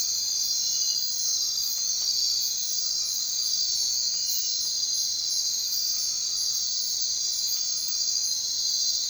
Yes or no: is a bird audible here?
no